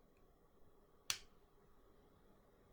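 The snap cap of a Waterman Graduate fountain pen, a push-pull cap, comes off the pen body with one sharp, bright click at 1.1 s. The click is likely the cap being pulled off, though it could be the cap snapping on. Before and after the click there is only a quiet, steady background.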